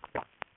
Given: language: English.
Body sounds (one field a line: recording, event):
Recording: throat vibration sensor signal played as sound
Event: swallow